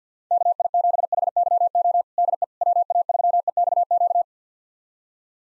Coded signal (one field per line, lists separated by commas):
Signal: Morse code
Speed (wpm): 50 wpm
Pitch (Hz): 700 Hz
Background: none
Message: KI7HYO DE WA3EXQ